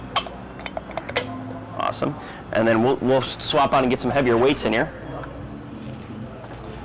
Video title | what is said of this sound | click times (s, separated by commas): Fitting Talk - Wilson Staff Triton Driver Review | so this will just snap into place | 0.2 s, 1.2 s